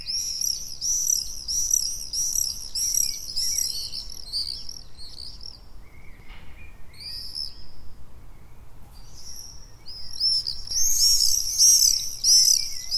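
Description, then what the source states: Common swifts screaming, shrill high buzzy trills in a dense chorus, a quieter middle stretch, then a loud renewed burst. Calls recorded on 6 June 2014.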